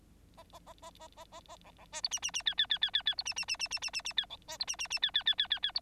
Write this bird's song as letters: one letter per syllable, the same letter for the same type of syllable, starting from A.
A A A A A A A A B B C D E E E F F F F F F D E E E E E E E E F B C D E E E F F F F F F D